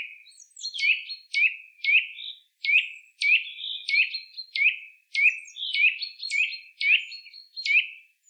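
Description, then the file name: Eurasian nuthatch repeating bright, piping call notes at a brisk pace throughout. "Sitta europaea"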